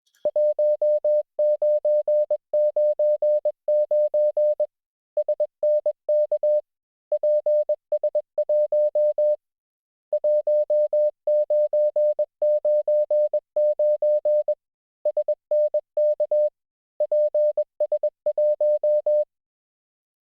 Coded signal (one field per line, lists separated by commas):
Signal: Morse code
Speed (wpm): 21 wpm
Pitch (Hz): 600 Hz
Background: music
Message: 1999 SNK PS1 1999 SNK PS1